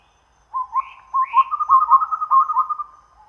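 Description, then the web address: Chestnut-rumped babbler song: two higher upslurred notes above a quickening string of low whistles that run into a rapid trill. Recorded at Danum on 1 April 2006. "DANUM 20060401. chestnut-rumped babbler"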